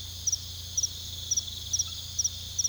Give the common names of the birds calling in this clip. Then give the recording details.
none. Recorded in pastures near Puerto Asís, Putumayo, Colombia, on 18 February 2024 at 02:00. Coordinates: 0.486, -76.323. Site G6462